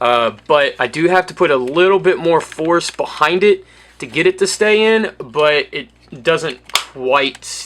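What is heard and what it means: A plastic head-cover panel on a transforming toy robot figure is being handled while its leg peg, which does not want to stay pegged in, is pushed back in with extra force. Someone talks throughout over faint handling noise. Nothing has seated or clicked yet; the clip ends before the panel snaps into place.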